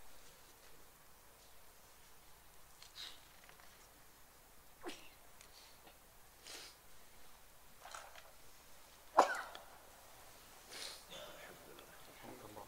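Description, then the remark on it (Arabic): A single sharp sneeze bursts out around the middle, the loudest moment, with a few softer breathy rustles and faint shuffling before and after against a low steady hiss. “رحمك الله.”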